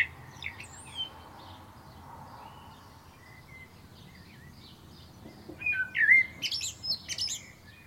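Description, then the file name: Common blackbird song: faint scattered whistles at first, then a clearer fluty phrase with sharp high squeaks toward the end, over steady background noise. "Turdus merula"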